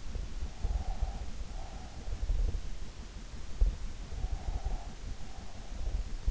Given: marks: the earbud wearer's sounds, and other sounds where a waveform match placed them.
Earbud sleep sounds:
sounds in sleep by an in-ear microphone; breath
0.50-2.31 s: breath
3.86-6.19 s: breath

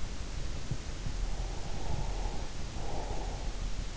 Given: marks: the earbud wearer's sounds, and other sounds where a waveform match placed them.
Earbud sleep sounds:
sounds in sleep by an in-ear microphone; breath
1.15-3.62 s: breath

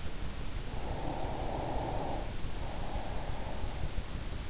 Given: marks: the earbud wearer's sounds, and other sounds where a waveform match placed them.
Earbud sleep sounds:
sounds in sleep by an in-ear microphone; breath
0.69-4.01 s: breath

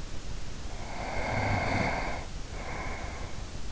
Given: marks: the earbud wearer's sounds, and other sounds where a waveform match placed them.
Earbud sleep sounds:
sounds in sleep by an in-ear microphone; breath
0.86-3.55 s: breath

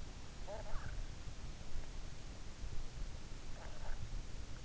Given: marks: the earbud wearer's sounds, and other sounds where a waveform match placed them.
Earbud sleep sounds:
sounds in sleep by an in-ear microphone; snoring breath
0.32-0.92 s: snoring breath
3.51-3.91 s: snoring breath

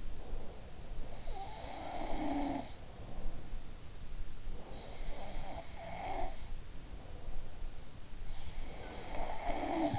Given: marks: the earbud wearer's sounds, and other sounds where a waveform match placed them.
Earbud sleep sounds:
sounds in sleep by an in-ear microphone; breath
0.00-0.89 s: breath
1.09-3.67 s: sound from someone else or the room
4.68-7.42 s: sound from someone else or the room
8.36-9.99 s: sound from someone else or the room

